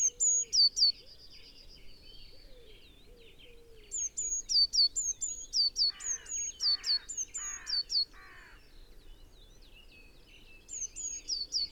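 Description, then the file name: Eurasian blue tit uttering several bursts of high, quick notes, level and falling; midway another bird adds lower, steeply falling notes in a short series. "Cyanistes caeruleus"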